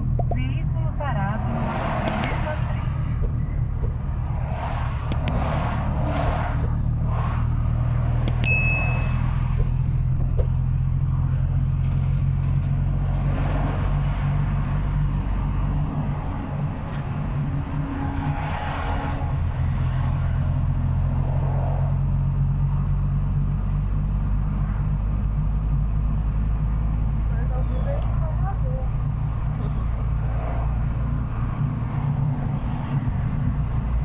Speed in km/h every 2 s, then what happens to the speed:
36, 34, 30, 24, 22, 22, 25, 40, 41, 38, 40, 43, 46, 50, 51, 53, 52.
0-6 slows to 24. 10-14 speeds up to 40. 14-19 steady at about 40. 19-26 speeds up to 50. 26-34 steady at about 51.